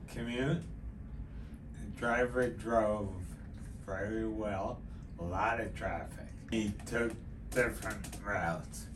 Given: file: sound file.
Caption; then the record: Audio recording at baseline. The patient and his family also noticed discernable differences in his speech at 30 Hz stimulation but not sham stimulation or other frequency stimulations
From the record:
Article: Effects of Low-Frequency Deep Brain Stimulation in Bilateral Zona Incerta for a Patient With Tremor and Cerebellar Ataxia